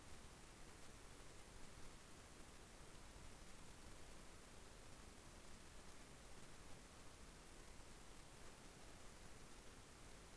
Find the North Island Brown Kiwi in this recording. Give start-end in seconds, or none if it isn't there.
none